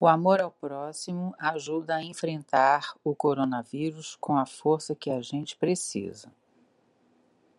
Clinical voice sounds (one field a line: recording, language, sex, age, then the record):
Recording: spoken sentence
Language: Brazilian Portuguese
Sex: female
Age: 60 to 69 years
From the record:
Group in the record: control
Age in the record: 68 years